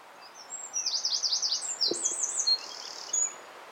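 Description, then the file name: Eurasian wren trilling: a rapid, high, wavering rattle, then a second higher trill and a sustained note, with a brief low knock mid-phrase. "Troglodytes troglodytes"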